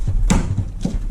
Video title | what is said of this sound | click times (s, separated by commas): Installing the Flow-Rite Live-Well Kit--Tracker Boat Restoration | make sure it clicks | 0.3 s